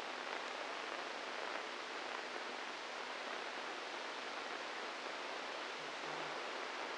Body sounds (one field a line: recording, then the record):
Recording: brain microelectrode recording played as sound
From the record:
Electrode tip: inside the subthalamic nucleus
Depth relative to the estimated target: 1 mm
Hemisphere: right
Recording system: NeuroSet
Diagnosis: Parkinson's disease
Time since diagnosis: 8 years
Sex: male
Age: 46 years